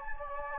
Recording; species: mosquito wingbeat signal from an infrared sensor; Anopheles gambiae